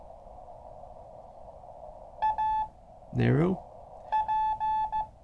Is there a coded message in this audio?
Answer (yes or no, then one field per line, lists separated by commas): yes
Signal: Morse code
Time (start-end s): 2.2-5.0 s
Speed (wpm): 15 wpm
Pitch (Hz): 870 Hz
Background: speech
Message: A P